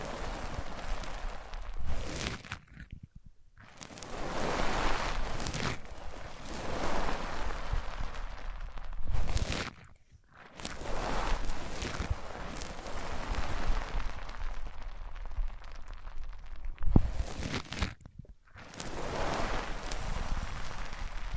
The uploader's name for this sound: Rubbing Mics On Different Surfaces